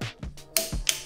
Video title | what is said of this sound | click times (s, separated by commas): Fräsen einer Adapterplatte mit einer SPINOGY X22-QTC Motorspindel und Sorotec AL-Line Heavy Gantry | Dann ziehen wir das Ganze fest, bis es knackt und schon sind wir fertig mit dem Rüsten unseres Werkzeugs. | 0.6 s